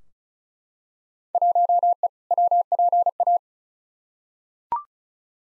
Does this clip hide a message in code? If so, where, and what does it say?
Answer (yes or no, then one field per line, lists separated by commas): yes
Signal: Morse code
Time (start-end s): 1.4-3.4 s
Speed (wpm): 36 wpm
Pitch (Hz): 700 Hz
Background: none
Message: 1E WPA